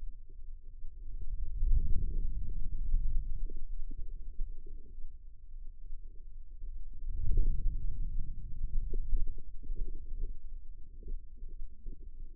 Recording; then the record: forearm muscle sounds (acoustic myography)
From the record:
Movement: ulnar deviation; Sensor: system 2, bracelet of six BSWA MPA416 microphones around the upper forearm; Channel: 6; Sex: female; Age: 25 years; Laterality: right